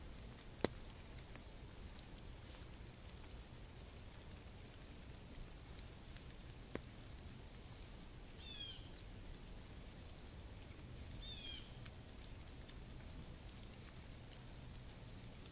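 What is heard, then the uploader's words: Light rain patters steadily in a forest under a low rumble, with two sharp drips early on and faint chirping birdcalls around eight and eleven seconds. Sounds of a forest during light rain.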